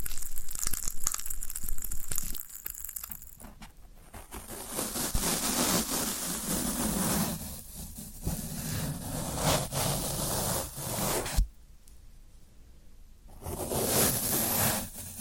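Floral foam is crushed and scraped in dense crackly bursts, with quieter pauses near 3 and 12 seconds, and a sharp snap around 11.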